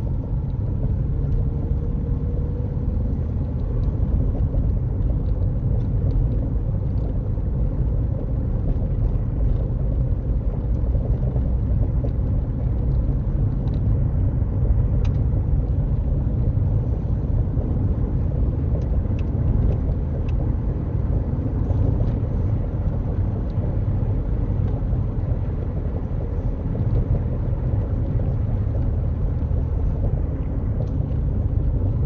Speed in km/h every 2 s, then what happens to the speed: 42, 44, 45, 47, 47, 50, 52, 53, 56, 60, 61, 61, 60, 58, 53, 47.
0-19 speeds up to 61. 19-25 steady at about 61. 25-32 slows to 47.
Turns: none.